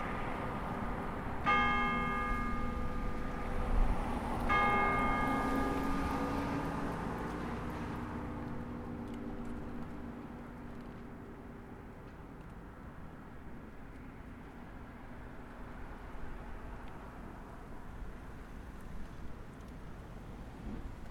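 Two bell strikes ring out near the start, at about one and a half and four and a half seconds, each with layered tones that hum and slowly fade over several seconds. Afterward only a low rumble remains, steady and fairly quiet.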